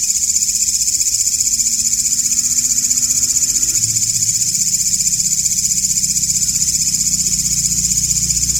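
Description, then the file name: Grasshopper call: a piercing, rhythmically pulsing buzz held throughout, with low humming underneath. Walang ngapak calls separated by 30-second pauses. "audio-walang-ngapak-versi-terbaru 3-jeda-30-detik"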